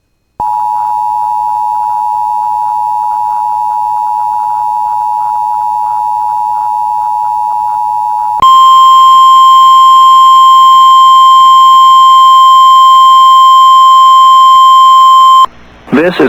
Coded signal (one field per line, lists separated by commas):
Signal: Emergency Alert System (SAME) tones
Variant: 853 and 960 Hz attention tone